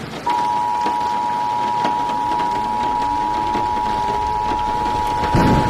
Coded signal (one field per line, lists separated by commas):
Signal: Emergency Alert System (SAME) tones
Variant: 853 and 960 Hz attention tone